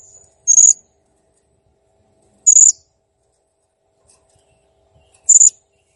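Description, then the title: Blue-crowned hanging parrot calls: three short, very high, sharp notes spaced a few seconds apart in an otherwise quiet recording. Master recording of a clear, actively calling bird, made for training cage birds. "Masteran Burung Serindit Ll Masteran Serindit Gacor Jernih"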